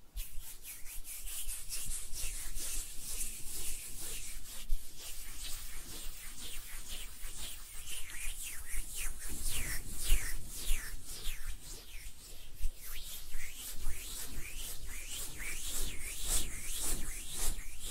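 Hands rub together in a steady run of dry, hissy strokes that go on for the whole stretch. The strokes come quickly and close together, growing crisper and more distinct in the second half, over a faint low rumble.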